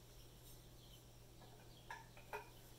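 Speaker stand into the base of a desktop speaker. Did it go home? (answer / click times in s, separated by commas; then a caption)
yes / 1.9 s, 2.2 s. A plastic stand is pushed onto the bottom of a Boston Acoustics MediaTheater desktop computer speaker, and it snaps into place. Two sharp plastic clicks sound at 1.9 s and 2.2 s over a steady low hum. The stand is seated.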